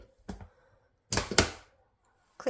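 A lid is pressed down and locked onto the jug of a Ninja blender and soup maker. After a soft knock near 0.3 s, two sharp plastic clicks land at 1.1 s and 1.4 s, followed by another brief knock near 2.4 s. The clicks mark the lid locking into place on the jug.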